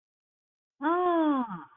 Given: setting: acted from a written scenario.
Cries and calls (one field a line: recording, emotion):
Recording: vocal sound without words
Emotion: awe